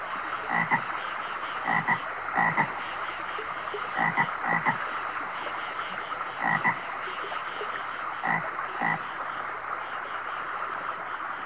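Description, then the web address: Frog chorus with rasping croaks repeated irregularly above a steady wash of calling. "лягушки"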